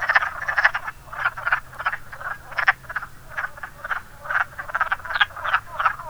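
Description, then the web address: Wood frogs trading rough, chuckling croaks in uneven bursts over a quiet low hum. "zoology woodfrog"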